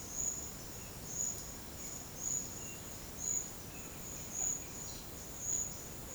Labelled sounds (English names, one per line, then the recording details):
none
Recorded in secondary vegetation near Puerto Asís, Putumayo, Colombia, on 21 March 2025 at 10:30
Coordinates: 0.488, -76.319
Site G095